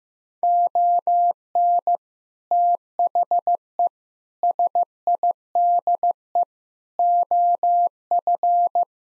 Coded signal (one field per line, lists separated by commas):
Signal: Morse code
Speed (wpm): 15 wpm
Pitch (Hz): 700 Hz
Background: none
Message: ON THE SIDE OF